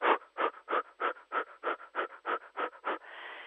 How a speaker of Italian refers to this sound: Quando io lo faccio fare dico: immaginare di avere il corpo talmente rilassato da sobbalzare su una molla e contemporaneamente soffiare in modo breve, veloce, superficiale dalla bocca. Ve lo faccio sentire.